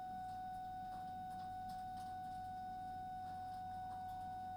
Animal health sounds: poultry house recording; no chicken sound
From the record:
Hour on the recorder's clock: 21

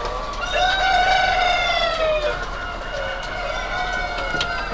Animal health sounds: poultry house recording; healthy chickens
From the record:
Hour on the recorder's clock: 22

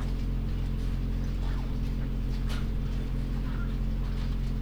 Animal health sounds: poultry house recording; sick chickens (respiratory disease)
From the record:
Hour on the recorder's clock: 23

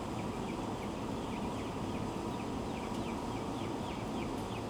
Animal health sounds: poultry house recording; healthy chickens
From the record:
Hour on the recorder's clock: 16

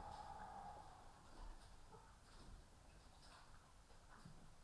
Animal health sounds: poultry house recording; healthy chickens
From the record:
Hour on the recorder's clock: 12

